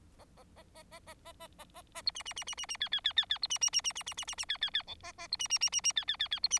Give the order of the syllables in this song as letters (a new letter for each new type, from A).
A A A A A A A A A A A B C C C C C C D D D D D B C C C C C C C C C D D D E A A B C C C C C D D D D B C